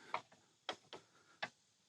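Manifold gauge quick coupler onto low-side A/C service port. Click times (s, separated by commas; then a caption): 0.7 s. The low-side quick coupler of a manifold gauge set is pressed onto the low-pressure service port of a car's R134a A/C system, after the port has been checked for residue. A series of short, sharp clicks is heard, with the coupler locking into place at 0.7 s and other clicks around 0.1, 0.9 and 1.4 s. The coupler is confirmed seated and locked onto the port.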